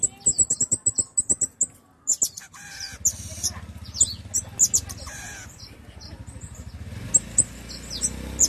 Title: Erythrura Psittacea